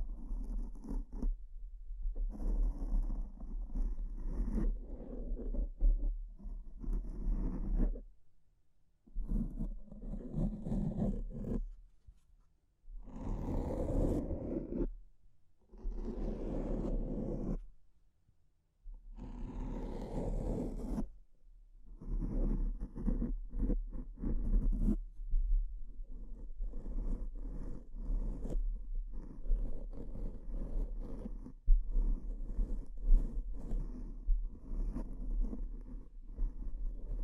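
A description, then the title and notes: Brain scratching sounds come in long, rough, muffled passages, broken by short pauses near 8, 12, 15, 18 and 25 seconds. Brighter, harsher strokes stand out around 13 and 20 seconds, and a low steady hum runs underneath the whole time. ASMR S E N S I T I V E Brain Scratch (No Talking).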